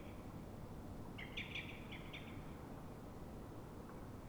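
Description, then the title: Common blackbird alarm call: a short rattling series of sharp notes over continuous low background noise. Dawn, Fuenlabrada, Madrid, Spain; same bird recorded twenty minutes after earlier calls, now frightened or threatened, probably by another blackbird; Zoom H1n recorder. "Pl. de Francisco Escolar, 10, 28944 Fuenlabrada, Madrid, España - Mirlo asustado"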